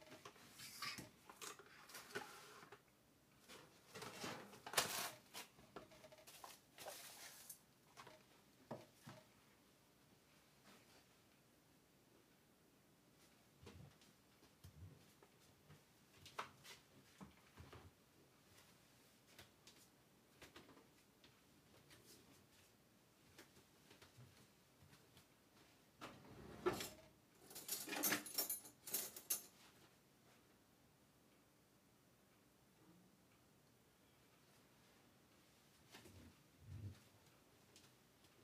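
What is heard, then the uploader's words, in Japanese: Kitchen sounds while making eggplant stewed in tomato. Bursts of clattering utensils and cookware come in the first eight seconds and again around 27 to 30 seconds, with sparse ticks and light knocks in the quiet stretches between. 環境音 ナスのトマト煮込み。ベーコンの代わりにちくわをいれてみました。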